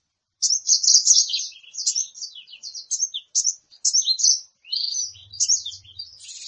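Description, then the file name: Sunbird song: a continuous stream of high, scratchy twittering notes that tumble and change pitch quickly throughout. Sunbird sound used as a lure to provoke birds into calling. "suara burung madu untuk memancing bunyi"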